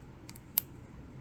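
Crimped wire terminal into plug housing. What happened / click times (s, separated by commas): The crimped terminal clicked home in the plastic housing / 0.6 s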